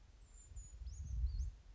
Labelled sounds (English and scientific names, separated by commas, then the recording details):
Brown Creeper (Certhia americana)
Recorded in Sonoma County, California